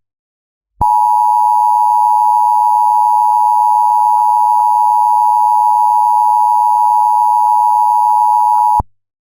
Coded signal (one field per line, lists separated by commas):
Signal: Emergency Alert System (SAME) tones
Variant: 853 and 960 Hz attention tone